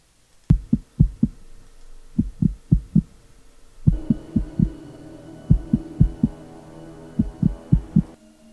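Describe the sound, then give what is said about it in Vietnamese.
A young man's heartbeat slows as he stands still, thumping in deep, low thuds that arrive in steady clusters of beats separated by short pauses, while a droning hum swells up beneath it partway through and then cuts out. “tiếng nhịp tim của cậu ta chậm dần, cứ thình thịch, thình thịch.”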